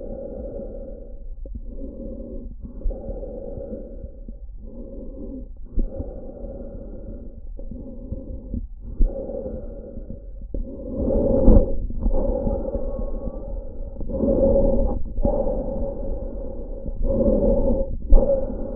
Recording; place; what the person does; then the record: lung sounds by stethoscope; trachea; quiet breathing, then deep breathing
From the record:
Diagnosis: COPD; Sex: male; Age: 85 years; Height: 183 cm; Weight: 88 kg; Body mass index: 26.3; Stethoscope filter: diaphragm mode